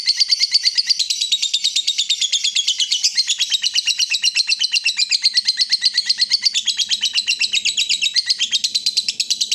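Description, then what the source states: Yellow-vented bulbul chattering in an unbroken rapid stream of high, buzzy, pulsing notes throughout. Used as a bird lure (pikat).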